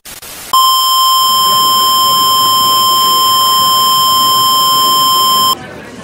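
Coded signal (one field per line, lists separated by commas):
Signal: Emergency Alert System (SAME) tones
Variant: 1050 Hz attention tone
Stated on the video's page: Fictional pandemic scenario, not a real alert.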